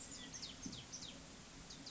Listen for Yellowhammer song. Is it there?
no